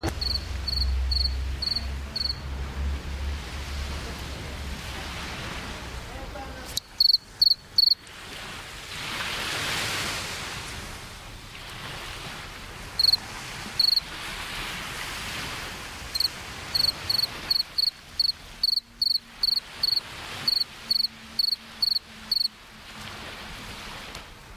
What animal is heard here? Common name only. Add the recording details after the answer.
Two-spotted Cricket. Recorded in the wild. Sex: male. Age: imago. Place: Chania, Insel Kreta, GR. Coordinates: 35.5164, 24.0189. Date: 1996-10-10 22:25. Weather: 18°C, cloudy. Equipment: Sony MD-WM MZ-R3, Sennheiser MKH 416 T, Kopie Uher 4000 Report Monitor. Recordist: Tembrock, Günter